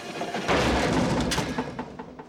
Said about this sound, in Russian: Все заполняется дымом. От задней части машины отваливается цилиндр с кусками резиновых трубок. Черт!